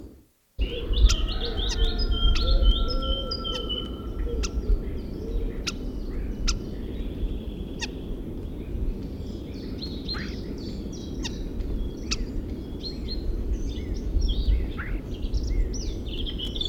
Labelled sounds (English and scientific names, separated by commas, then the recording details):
European Starling (Sturnus vulgaris)
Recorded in the wild
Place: Lieberose, Brandenburg, DE
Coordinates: 51.983, 14.299
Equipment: Nagra III BH, Sennheiser MD 21, parabola
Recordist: Schubert, Michael
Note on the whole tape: Gesang u. Rufe von einem Star vor der Bruthöhle, u. a. m. Imitation v. Wasserralle